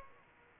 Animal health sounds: mosquito wingbeat signal from an infrared sensor; Aedes aegypti

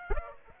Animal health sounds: mosquito wingbeat signal from an infrared sensor; Aedes aegypti

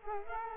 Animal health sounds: mosquito wingbeat signal from an infrared sensor; Culex quinquefasciatus

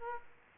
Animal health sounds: mosquito wingbeat signal from an infrared sensor; Aedes aegypti

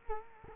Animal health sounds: mosquito wingbeat signal from an infrared sensor; Culex quinquefasciatus

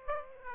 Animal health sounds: mosquito wingbeat signal from an infrared sensor; Aedes aegypti

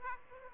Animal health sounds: mosquito wingbeat signal from an infrared sensor; Aedes aegypti

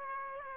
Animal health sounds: mosquito wingbeat signal from an infrared sensor; Aedes aegypti

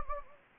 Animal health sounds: mosquito wingbeat signal from an infrared sensor; Anopheles gambiae

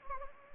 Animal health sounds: mosquito wingbeat signal from an infrared sensor; Anopheles gambiae

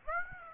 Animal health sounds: mosquito wingbeat signal from an infrared sensor; Aedes aegypti

